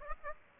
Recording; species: mosquito wingbeat signal from an infrared sensor; Aedes aegypti